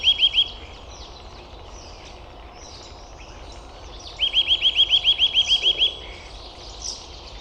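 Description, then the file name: Eurasian nuthatch calling: a short burst of quick piping notes at the start, then a rapid, steady trill of about a dozen notes midway. "Sitta europaea"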